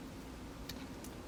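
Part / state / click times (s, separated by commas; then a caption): microSD card into action camera card slot / seated / 0.7 s. A microSD card is pushed into the card slot of a GoPro HERO 8 Black action camera until its spring latch clicks. A sharp, brief click is heard at 0.7 s over a steady low background hum, and the card is seated.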